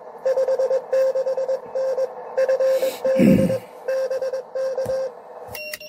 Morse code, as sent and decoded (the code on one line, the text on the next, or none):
..... -.... -. / ..-. -... / -... -.-
56N FB BK